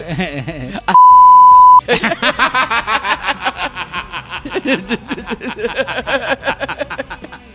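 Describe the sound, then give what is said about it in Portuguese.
A steady, pure electronic censor bleep lasting under a second cuts into speech, covering a woman's name, after which a voice resumes talking quickly alongside bursts of chuckling laughter. “Vou falar o nome dela aqui, vai ter um bip.”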